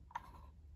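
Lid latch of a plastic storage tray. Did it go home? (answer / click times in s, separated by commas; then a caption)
no / none. The lid latch of a 3D-printed plastic diamond painting tray is pushed to close, making one short, sharp tap at about 0.2 s against a low background hum. The latch does not hook, so nothing has seated or clicked and the lid stays unlatched.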